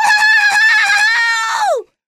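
A loud, shrill shrieking of kikimoras (swamp creatures) leaping out and crying hurray, one continuous high wavering screech lasting nearly two seconds that bends sharply downward in pitch before cutting off abruptly.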